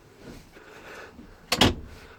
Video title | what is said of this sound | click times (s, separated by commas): Rentacampa.com tour off our Swift 664 hire motorhome | they literally lock into place just like that | 1.5 s, 1.6 s